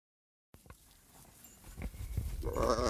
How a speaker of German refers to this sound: So, jetzt sind wir hier bei den Schafen. 700 Stück, was für mich viel weniger aussieht. Aber dazu kann ich vielleicht noch kurz fragen, wie stellst du denn fest, ob alle da sind?